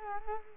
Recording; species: mosquito wingbeat signal from an infrared sensor; Culex quinquefasciatus